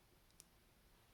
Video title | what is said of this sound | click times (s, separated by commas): Apex legends limited time action figures bloodhound unboxing. | of all the normal joints this the arms kind of like click into place | 0.4 s, 1.1 s